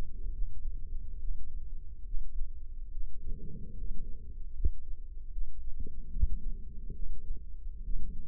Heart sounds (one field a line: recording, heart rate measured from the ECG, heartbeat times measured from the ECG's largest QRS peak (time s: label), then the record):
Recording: heart sounds by microphone in the left ear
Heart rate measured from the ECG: 72 bpm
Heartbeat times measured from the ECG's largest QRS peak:
0.31 s: heartbeat
1.18 s: heartbeat
2.04 s: heartbeat
2.90 s: heartbeat
3.74 s: heartbeat
4.53 s: heartbeat
5.31 s: heartbeat
6.09 s: heartbeat
6.93 s: heartbeat
7.82 s: heartbeat
From the record:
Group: healthy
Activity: rest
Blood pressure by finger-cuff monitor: 104/65 mmHg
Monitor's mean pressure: 80 mmHg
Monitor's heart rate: 69 bpm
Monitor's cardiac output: 5.4 L/min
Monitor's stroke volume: 79 mL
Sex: male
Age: 35 years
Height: 178 cm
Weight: 64 kg